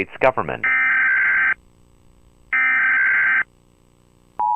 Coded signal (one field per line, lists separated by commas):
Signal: Emergency Alert System (SAME) tones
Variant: header bursts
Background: speech